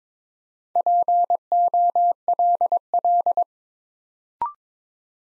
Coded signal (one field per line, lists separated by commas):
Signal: Morse code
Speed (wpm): 22 wpm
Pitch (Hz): 700 Hz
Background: none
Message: POLL